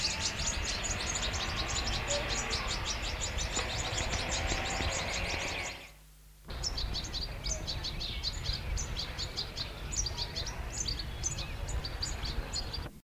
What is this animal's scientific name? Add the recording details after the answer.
Carduelis carduelis. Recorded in the wild. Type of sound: call. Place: Behrungen, Thüringen, DE. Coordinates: 50.41, 10.42. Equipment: Halbspur, 9,5 cm/s. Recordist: Lütgens, Hans. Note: Fast flügge